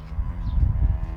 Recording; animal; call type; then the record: contact call of a hoofed animal; cattle; low-frequency (closed-mouth) or high-frequency (open-mouth) call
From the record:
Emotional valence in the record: negative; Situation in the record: full separation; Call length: 1.16 s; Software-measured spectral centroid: 620 Hz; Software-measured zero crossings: 280 a second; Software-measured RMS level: -23 dBFS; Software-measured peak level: -9 dBFS